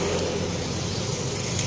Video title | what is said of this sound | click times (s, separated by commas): CARA MENGETAHU COIL YG MATI PADA MOBIL TERIOS #ganticoil #sinjal #sigitspecialengine | kuning bunyi klik ya menandakan udah pake terkunci rapat | 0.2 s